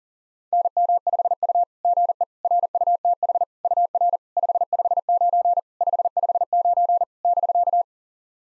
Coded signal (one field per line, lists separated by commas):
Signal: Morse code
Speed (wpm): 40 wpm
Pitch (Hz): 700 Hz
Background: none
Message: NM5U GE RUTH UR 559 559 <BK>